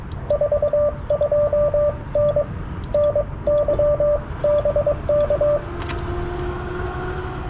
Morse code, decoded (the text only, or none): 42N NY BK